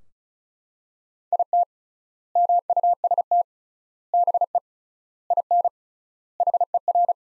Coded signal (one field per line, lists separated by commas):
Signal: Morse code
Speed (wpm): 36 wpm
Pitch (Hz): 700 Hz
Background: none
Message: IT MUST BE IN HER